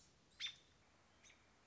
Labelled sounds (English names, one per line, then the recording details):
American Robin
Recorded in Sonoma County, California